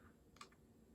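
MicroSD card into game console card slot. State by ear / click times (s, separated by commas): seated / 0.4 s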